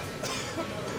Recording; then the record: coughing mixed with background sound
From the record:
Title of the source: Dry Coughing Fit in the Afternoon.